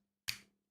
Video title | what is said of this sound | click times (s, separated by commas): Moonbase 2 Episode 853 | like his knee joints kind of click into place | 0.3 s